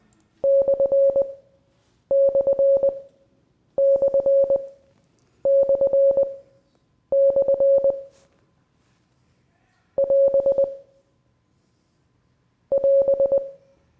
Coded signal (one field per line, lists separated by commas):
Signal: Morse code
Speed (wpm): 20 wpm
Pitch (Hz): 550 Hz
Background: none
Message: ///// <AS> <AS>